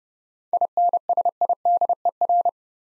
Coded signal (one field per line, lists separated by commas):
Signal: Morse code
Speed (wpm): 30 wpm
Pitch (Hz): 700 Hz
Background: none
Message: INSIDER